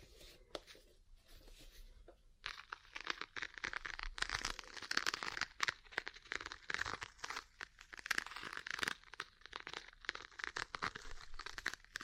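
Ear cleaning and massage sounds: dense, rapid crinkling and rustling that starts sparse with a few isolated clicks, then thickens after about two seconds into a steady, bright scratching texture. Quick taps and crackles keep recurring irregularly through to the end.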